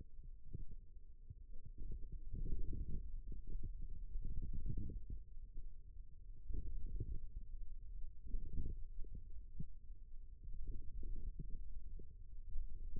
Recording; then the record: forearm muscle sounds (acoustic myography)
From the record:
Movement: radial deviation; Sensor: system 2, bracelet of six BSWA MPA416 microphones around the upper forearm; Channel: 3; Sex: male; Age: 22 years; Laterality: right